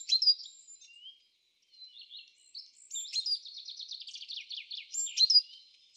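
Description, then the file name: Great tit with sharp notes and soft thin calls, then a long fast churring rattle ending in a piercing note. "Parus major"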